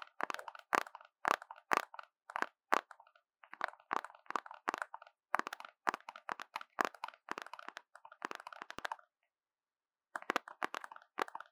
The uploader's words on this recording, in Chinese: 隨機敲敲。Tapping。NO Talking。手邊的東西，拿到啥就敲啥。